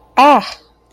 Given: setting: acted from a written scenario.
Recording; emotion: vocal sound without words; distress